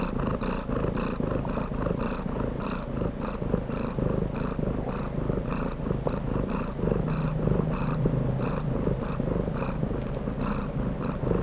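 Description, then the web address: Domestic cat purring, a deep, steady rumble with regular pulses, sustained without pause. Contented domestic cat purring while being petted. "cat purring and meowing animal purring contented animal x purring being petted animal"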